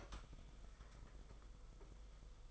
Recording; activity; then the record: daily activity, microphone in the room; open fridge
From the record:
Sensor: 5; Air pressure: 991.2 hPa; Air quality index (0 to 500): 111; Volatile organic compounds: 28 ppm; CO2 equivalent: 2909 ppm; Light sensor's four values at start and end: 36/112/43/46 and 37/113/44/46